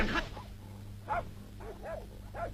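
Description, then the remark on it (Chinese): A dog gives a sharp bark followed by several shorter whimpering yelps with a rising, whining pitch, spaced about half a second apart over a steady low hum. “快，快把狗藏进来！”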